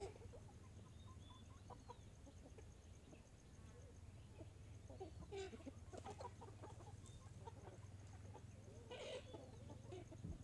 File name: Galinhas cacarejando em fim de tarde com carro longe